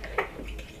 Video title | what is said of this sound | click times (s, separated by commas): HOW TO MAKE YOUR OWN SPINNERS FOR TROUT - LURE MAKING 101 | You spin, spin, spin, till you hear a click, and another click. | 0.0 s, 0.2 s